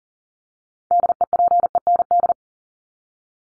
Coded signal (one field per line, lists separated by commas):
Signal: Morse code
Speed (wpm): 40 wpm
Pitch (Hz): 700 Hz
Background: none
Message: DEPEND